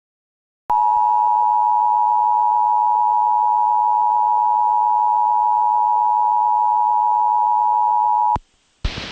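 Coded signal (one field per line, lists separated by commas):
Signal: Emergency Alert System (SAME) tones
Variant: 853 and 960 Hz attention tone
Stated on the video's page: Two Severe Thunderstorm Warnings for Laredo, Texas, captured from FM station KBNL-FM and NOAA weather radio WXK26; valid EAS tones.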